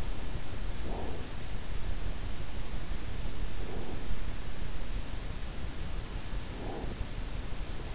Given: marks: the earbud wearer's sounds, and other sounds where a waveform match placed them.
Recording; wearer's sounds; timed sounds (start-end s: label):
sounds in sleep by an in-ear microphone; breath
0.63-1.31 s: breath
3.29-4.19 s: breath
6.35-7.20 s: breath